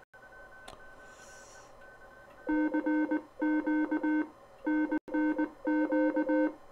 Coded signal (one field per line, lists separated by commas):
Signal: Morse code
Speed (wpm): 20 wpm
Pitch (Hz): 310 Hz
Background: none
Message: CQ NNQ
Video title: Morse magic